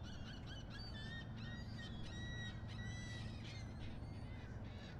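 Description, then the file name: Gulls calling: a series of short harmonic cries over a constant low rumble. Harbor ambience at Miami harbor, recorded at 7 am. "Skyliner-Miami-harbor-7 am-seagul"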